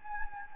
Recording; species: mosquito wingbeat signal from an infrared sensor; Anopheles gambiae